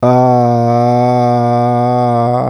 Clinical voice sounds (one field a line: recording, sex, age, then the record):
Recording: sustained vowel /a/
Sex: male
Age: 60 to 69 years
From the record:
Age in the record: 60 years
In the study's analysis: included